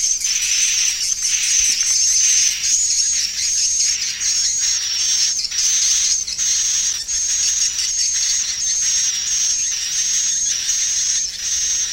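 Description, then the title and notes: Swiftlet calls: continuous high, rasping chirps in pulses roughly every second, layered over a sustained thin whistled tone. Swiftlet sound used for swiftlet farming in Asia. "Swiflet Bird Sound. Farming Swiflet Bird asia sound"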